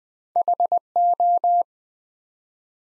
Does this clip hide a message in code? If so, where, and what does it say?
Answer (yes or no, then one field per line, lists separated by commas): yes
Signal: Morse code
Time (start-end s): 0.4-1.6 s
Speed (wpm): 20 wpm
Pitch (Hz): 700 Hz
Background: none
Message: HO